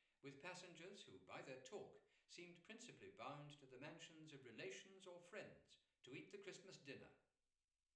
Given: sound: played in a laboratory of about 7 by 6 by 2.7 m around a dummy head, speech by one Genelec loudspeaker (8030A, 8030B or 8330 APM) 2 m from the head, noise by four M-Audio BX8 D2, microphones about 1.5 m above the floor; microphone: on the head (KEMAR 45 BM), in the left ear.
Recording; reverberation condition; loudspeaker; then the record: male speech in English; medium; 60 degrees to the left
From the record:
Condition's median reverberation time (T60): about 510 ms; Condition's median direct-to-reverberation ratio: about -0.5 dB